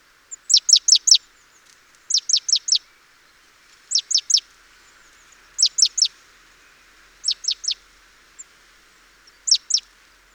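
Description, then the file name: Great tit calls, quick clusters of two to four thin, high, downward-sweeping notes, each burst separated by a pause of about one to two seconds. "Parus major"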